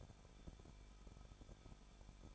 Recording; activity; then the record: daily activity, microphone in the room; no activity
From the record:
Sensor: 5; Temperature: 20.8 degrees Celsius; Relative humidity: 38.4%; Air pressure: 1006.5 hPa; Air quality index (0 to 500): 191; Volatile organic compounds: 20 ppm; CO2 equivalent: 2701 ppm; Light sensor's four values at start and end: 2/3/1/1 and 2/3/1/1